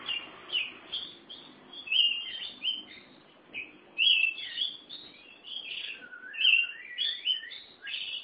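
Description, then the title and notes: Oriental magpie-robin song: a run of clear whistles, slurred notes and brief warbles. Chirping song (kicauan) of the bird. "Suara Kicauan Burung Kacer Durasi Panjang. Suara kicauan burung kacer format mp3 durasi panjang"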